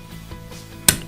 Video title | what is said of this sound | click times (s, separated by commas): Making Custom Dog Bowls With the Sawgrass Sublimation Printer | when you hear it click so | 0.9 s